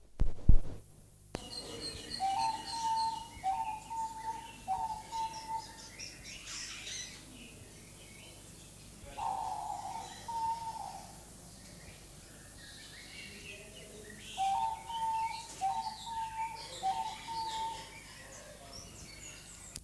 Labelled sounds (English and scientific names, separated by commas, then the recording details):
Diamond Dove (Geopelia cuneata) courtship call
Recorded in captivity
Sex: diverse
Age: adult
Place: Zoo Berlin, Berlin, DE
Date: 2004-04-22 16:48
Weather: sunny, 22-24°C
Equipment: Fair Mate ST-1328 (Asahi Electronics, Japan), Sennheiser ME 80, Kopie Uher 4000 Report Monitor
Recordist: Tembrock, Günter